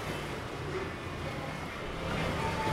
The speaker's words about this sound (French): Donc le bruit ambiant est vraiment étouffé. C'est ce qui amène un peu de plaisir à l'auditeur parce que les voitures passent. Ça fait urbain.